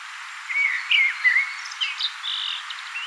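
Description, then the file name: Common blackbird singing a phrase of clear whistled and warbled notes, each sliding and twisting, with thin higher notes near the end over a steady background hiss. "Turdus merula"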